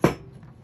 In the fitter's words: And when you are done with it, you can easily store it on top of the panel, clicks into place, and it's out of sight.